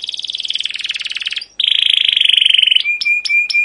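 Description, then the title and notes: Canary giving two even buzzy trills, the second slightly lower, then a few short, sharp notes at a steady pitch. Long, rolling, emotive 'cuit cuit' chirping song, used as a lure and tutor for young canaries learning song. "CUIT CUIT NGEROL LANGSUNG GACOR PANJANG Kenari Ini Utk Pancingan KENAR. PANCINGAN Kenari GACOR PANJANG Cuit CUIT EMOSI ini utk MASTERAN Kenari PAUD belajar BUNYI. burung kenari"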